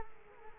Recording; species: mosquito wingbeat signal from an infrared sensor; Culex quinquefasciatus